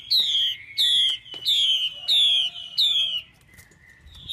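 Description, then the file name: Chinese hwamei calls, five loud, clear whistled notes, each sliding downward, repeated about every two-thirds of a second, followed by a brief pause. Female hwamei calls used to stimulate males. "Tieng chim hoa mi mai kich trong"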